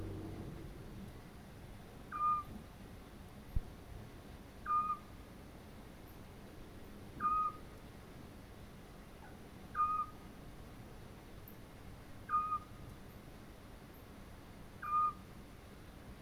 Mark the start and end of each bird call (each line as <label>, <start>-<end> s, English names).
Eurasian Scops Owl, 2.11-2.45 s
Eurasian Scops Owl, 4.64-4.99 s
Eurasian Scops Owl, 7.19-7.53 s
Eurasian Scops Owl, 9.73-10.06 s
Eurasian Scops Owl, 12.27-12.60 s
Eurasian Scops Owl, 14.80-15.12 s